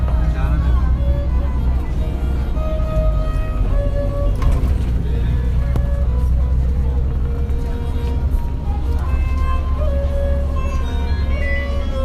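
A bowed fiddle plays a wavering melody aboard a moving bus, its sustained notes and sliding pitches running throughout. Beneath it the bus engine drones in a heavy, steady low rumble, with faint voices and small knocks and rattles in the background.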